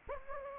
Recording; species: mosquito wingbeat signal from an infrared sensor; Anopheles gambiae